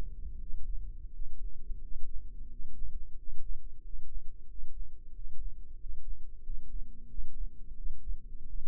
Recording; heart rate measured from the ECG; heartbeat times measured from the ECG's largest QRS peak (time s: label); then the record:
heart sounds by microphone in the left ear; 89 bpm
0.38 s: heartbeat
1.10 s: heartbeat
1.79 s: heartbeat
2.47 s: heartbeat
3.15 s: heartbeat
3.81 s: heartbeat
4.46 s: heartbeat
5.12 s: heartbeat
5.77 s: heartbeat
6.42 s: heartbeat
7.07 s: heartbeat
7.74 s: heartbeat
8.46 s: heartbeat
From the record:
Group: healthy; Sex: male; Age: 33 years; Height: 179 cm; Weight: 80.4 kg